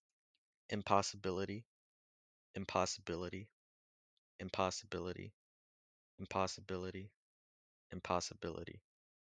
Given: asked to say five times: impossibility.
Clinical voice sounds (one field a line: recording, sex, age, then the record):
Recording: repeated word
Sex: male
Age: 18 to 19 years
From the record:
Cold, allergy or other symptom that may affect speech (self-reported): no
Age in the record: 18 years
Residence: Illinois, United States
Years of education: 12